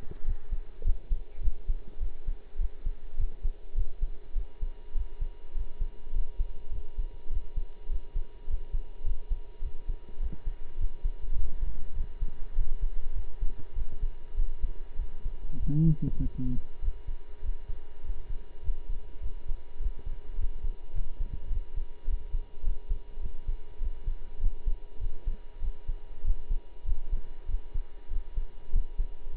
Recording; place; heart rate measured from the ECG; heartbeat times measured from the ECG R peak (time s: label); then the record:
heart sounds by stethoscope; between the tricuspid and mitral areas; 101 bpm
0.24 s: heartbeat
0.83 s: heartbeat
1.41 s: heartbeat
1.99 s: heartbeat
2.57 s: heartbeat
3.16 s: heartbeat
3.74 s: heartbeat
4.34 s: heartbeat
4.93 s: heartbeat
5.53 s: heartbeat
6.12 s: heartbeat
6.71 s: heartbeat
7.29 s: heartbeat
7.88 s: heartbeat
8.46 s: heartbeat
9.03 s: heartbeat
9.61 s: heartbeat
10.18 s: heartbeat
10.77 s: heartbeat
11.34 s: heartbeat
11.93 s: heartbeat
12.54 s: heartbeat
13.13 s: heartbeat
13.74 s: heartbeat
14.35 s: heartbeat
14.97 s: heartbeat
15.58 s: heartbeat
16.18 s: heartbeat
16.80 s: heartbeat
17.42 s: heartbeat
18.02 s: heartbeat
18.62 s: heartbeat
19.21 s: heartbeat
19.79 s: heartbeat
20.36 s: heartbeat
20.92 s: heartbeat
21.49 s: heartbeat
22.06 s: heartbeat
22.63 s: heartbeat
23.20 s: heartbeat
23.79 s: heartbeat
24.39 s: heartbeat
24.99 s: heartbeat
25.60 s: heartbeat
26.22 s: heartbeat
26.84 s: heartbeat
27.47 s: heartbeat
28.09 s: heartbeat
28.71 s: heartbeat
29.32 s: heartbeat
From the record:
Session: pedaling a stationary bicycle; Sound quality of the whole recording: partially saturated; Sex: male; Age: 23 years